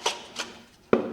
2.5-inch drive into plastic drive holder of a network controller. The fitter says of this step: Hier sind wir noch nicht ganz drin.